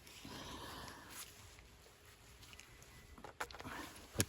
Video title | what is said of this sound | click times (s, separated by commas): Insane! First strike FSC VS 1/3 PLYWOOD BLOWS RIGHT THREW! Real home defence less lethal 345-445FPS | the mag in here click now | 4.2 s